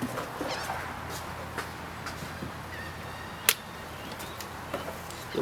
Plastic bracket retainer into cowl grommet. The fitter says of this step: just going to snap them all into place real quick and then we're going to go on to the heat shrink part you'll